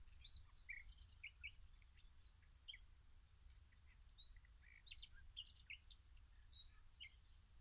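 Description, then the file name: Common nightingale song: varied chirps, slurred whistles and brief twitters scattered throughout, over a constant low rumble. "Luscinia megarhynchos"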